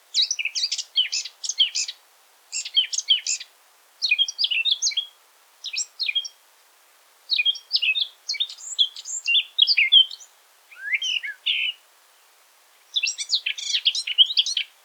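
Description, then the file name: Eurasian blackcap singing repeated rapid phrases of scratchy, jumbled warbling, each a second or two long, with short gaps between them. "Sylvia atricapilla"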